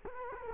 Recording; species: mosquito wingbeat signal from an infrared sensor; Culex quinquefasciatus